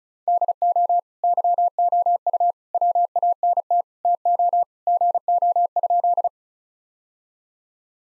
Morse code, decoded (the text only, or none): DO YOU WANT TO GO?